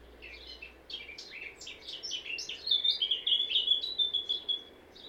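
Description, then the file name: Eurasian blackcap singing: a quiet scratchy chatter of varied notes, then louder, clear fluty whistled phrases held at a steady pitch, ending with a brief high note. "Sylvia atricapilla"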